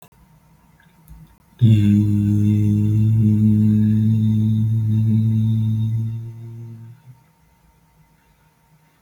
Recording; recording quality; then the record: sustained vowel as in beet; moderate, slight background noise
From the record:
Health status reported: healthy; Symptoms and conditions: none ticked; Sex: male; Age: 32 years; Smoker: not ticked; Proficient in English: yes